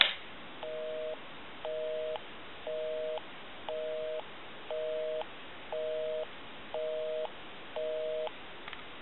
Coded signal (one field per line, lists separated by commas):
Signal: telephone call progress tone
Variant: North America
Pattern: busy tone